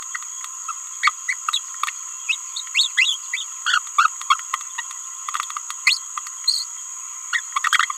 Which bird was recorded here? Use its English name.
Green-rumped Parrotlet